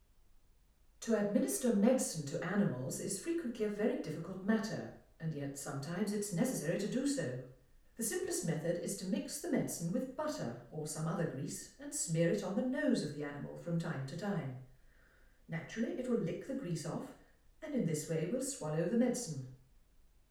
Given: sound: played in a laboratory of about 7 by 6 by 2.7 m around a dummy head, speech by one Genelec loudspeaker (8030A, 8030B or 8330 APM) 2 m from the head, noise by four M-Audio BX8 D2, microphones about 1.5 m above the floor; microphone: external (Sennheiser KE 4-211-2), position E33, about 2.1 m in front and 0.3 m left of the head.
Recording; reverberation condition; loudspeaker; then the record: female speech in English; medium; 120 degrees to the left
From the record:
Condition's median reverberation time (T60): about 510 ms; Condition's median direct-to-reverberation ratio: about -0.5 dB